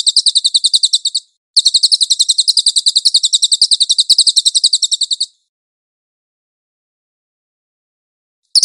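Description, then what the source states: Cililin song: two bursts of high, rattling chirps, then several seconds of silence before a short restart. Cililin song used as a master for training songbirds.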